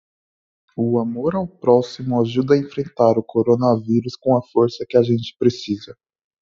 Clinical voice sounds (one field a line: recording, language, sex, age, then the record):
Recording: spoken sentence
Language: Brazilian Portuguese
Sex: male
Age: 20 to 29 years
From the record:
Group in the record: control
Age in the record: 24 years